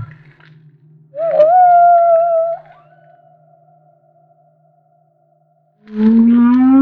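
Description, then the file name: Humpback whale song with a long wavering mid-pitched cry that trails off, then a rising low moan with stacked harmonics near the end. Recorded off Maui. "Humpback Whale - Maui Whale One"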